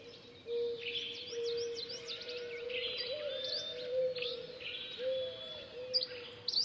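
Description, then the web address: Bird: a busy chorus of birds, with dense overlapping twitters and slurred whistles beginning after half a second and continuing steadily above a soft low droning tone. "funny birds"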